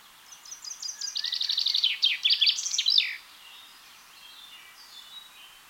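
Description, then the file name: Common chaffinch song: a fast, cascading trill that gets louder and ends in an emphatic flourish, followed by faint high notes. "Fringilla coelebs"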